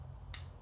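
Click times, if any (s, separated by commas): 0.3 s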